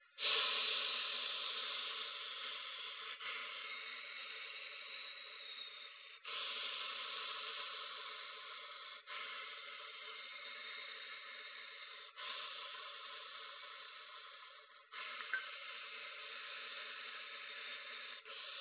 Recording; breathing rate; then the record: paced breathing near a phone; 10 breaths a minute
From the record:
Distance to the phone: 20 cm